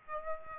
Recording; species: mosquito wingbeat signal from an infrared sensor; Aedes aegypti